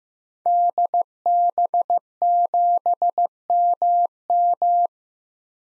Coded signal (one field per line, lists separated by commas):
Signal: Morse code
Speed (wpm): 15 wpm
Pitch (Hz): 700 Hz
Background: none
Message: DB7MM